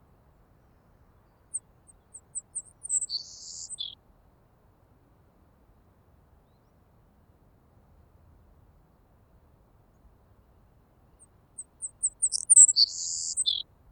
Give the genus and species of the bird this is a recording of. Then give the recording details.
Passerculus sandwichensis. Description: Savannah Sparrow song recorded on the Coyote Valley Trail in Rocky Mountain National Park. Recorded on 9 June 2016